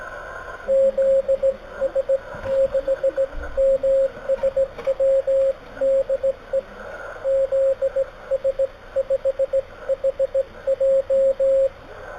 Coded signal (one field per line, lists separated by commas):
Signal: Morse code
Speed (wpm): 17 wpm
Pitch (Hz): 540 Hz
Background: radio noise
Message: ZS6MSW DE ZS5HJ